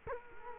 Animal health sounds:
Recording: mosquito wingbeat signal from an infrared sensor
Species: Culex quinquefasciatus

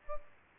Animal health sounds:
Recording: mosquito wingbeat signal from an infrared sensor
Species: Aedes aegypti

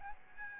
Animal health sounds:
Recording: mosquito wingbeat signal from an infrared sensor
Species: Aedes albopictus

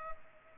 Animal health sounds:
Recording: mosquito wingbeat signal from an infrared sensor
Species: Culex pipiens

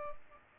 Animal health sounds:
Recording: mosquito wingbeat signal from an infrared sensor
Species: Culex pipiens

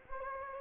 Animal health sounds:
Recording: mosquito wingbeat signal from an infrared sensor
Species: Anopheles gambiae

